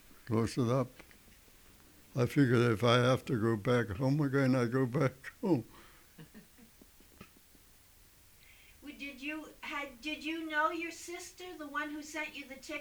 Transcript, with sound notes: closed it up. I figured if I have to go back home again I go back home.
[Laughs] Well did you, did you, had, did you know your sister, the one who sent you the ticket?